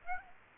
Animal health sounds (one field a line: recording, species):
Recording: mosquito wingbeat signal from an infrared sensor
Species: Aedes aegypti